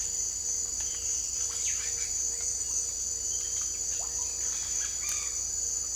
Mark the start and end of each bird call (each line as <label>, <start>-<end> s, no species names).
bird call, 1.23-2.09 s
bird call, 3.26-5.39 s